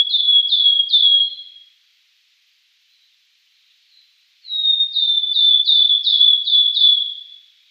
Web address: Schulze Peter Wood Warbler song